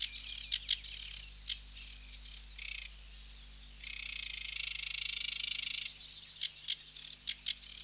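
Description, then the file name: Sedge warbler song, with scratchy clipped notes and sharp whistles broken by a two-second dry buzzing trill, then more short chattering phrases. "Sedge Warbler (Acrocephalus schoenobaenus)"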